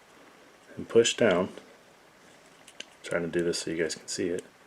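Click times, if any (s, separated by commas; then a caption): none. The black tip of a Glock 19 Gen 4 recoil spring assembly is placed in the hole above the barrel in the pistol slide and pushed down toward the barrel notch while someone talks. Two faint, brief ticks occur around 2.7 and 2.8 seconds between bursts of speech. Nothing has seated or clicked yet; the spring assembly is still being handled when the clip ends.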